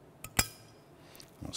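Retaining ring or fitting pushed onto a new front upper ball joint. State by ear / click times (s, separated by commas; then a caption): seated / 0.4 s. A retaining ring or fitting on a new front upper ball joint for a 1993–1997 Ford Ranger's front suspension is pushed down by hand until the metal part snaps into place. A faint tick at 0.2 s is followed by a sharp, bright metallic click at 0.4 s, then light ticks and a low thump near the end. The part is seated, with the snap at 0.4 s.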